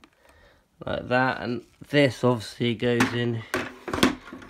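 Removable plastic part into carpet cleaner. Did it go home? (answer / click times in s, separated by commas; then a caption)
yes / 4.0 s. A removable plastic part is pushed into a Vax Rapide Spring Clean carpet washer while someone talks. A short cluster of sharp knocks follows, and the part clicks into place at 4.0 seconds.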